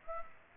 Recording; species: mosquito wingbeat signal from an infrared sensor; Aedes aegypti